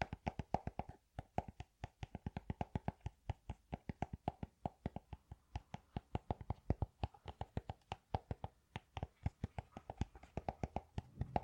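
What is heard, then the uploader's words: Fast, sharp tapping on hard objects like metal, wood, plastic and glass, with crisp clicks running almost continuously for the whole stretch. The taps come in quick rhythmic bursts of several strikes, with a few brief pauses near the start and middle. Metal tapping, wood tapping, plastic tapping, and glass tapping.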